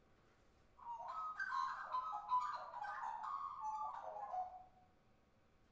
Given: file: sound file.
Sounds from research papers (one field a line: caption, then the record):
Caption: Magpie song serves several ecologically-relevant functions, including territorial and nest defence, food calling, and pair bonding, and is performed by the adults of both sexes.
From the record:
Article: Sleep loss impairs cognitive performance and alters song output in Australian magpies